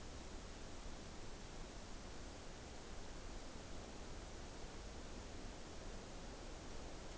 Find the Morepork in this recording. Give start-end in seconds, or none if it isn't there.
none